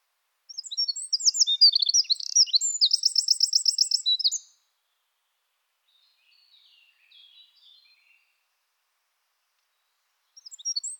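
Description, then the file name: Eurasian wren song, a four-second burst of piercing high notes and a fast trill, then faint scattered twitters and the start of another song at the end. "Troglodytes troglodytes"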